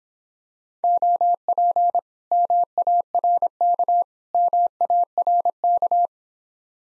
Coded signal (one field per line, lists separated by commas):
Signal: Morse code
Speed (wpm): 26 wpm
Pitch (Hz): 700 Hz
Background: none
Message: OP MARK MARK